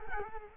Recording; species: mosquito wingbeat signal from an infrared sensor; Culex quinquefasciatus